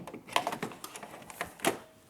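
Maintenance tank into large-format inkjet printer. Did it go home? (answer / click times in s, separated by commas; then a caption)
yes / 1.6 s. A replacement plastic maintenance tank cartridge is slid straight into the front slot of an Epson P5300 (P5370) 17-inch pigment large-format inkjet printer. A series of small plastic knocks and scrapes is heard, and the tank gently clicks into place at 1.7 s, fully seated.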